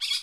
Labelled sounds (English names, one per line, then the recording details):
Brown-throated Parakeet contact call
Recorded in Curacao
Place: Hoffi Jan Thiel
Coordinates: 12.094, -68.877